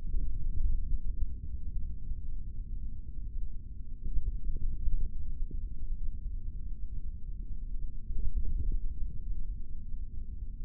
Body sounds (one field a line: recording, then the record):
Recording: forearm muscle sounds (acoustic myography)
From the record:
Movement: index flexion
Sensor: system 3, bracelet of six PUI Audio POM-2738L microphones around the upper forearm, with dedicated amplification and filtering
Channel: 2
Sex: male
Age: 23 years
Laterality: right